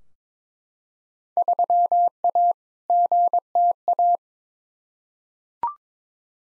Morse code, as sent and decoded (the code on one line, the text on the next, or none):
...-- .- / --. - .-
3A GTA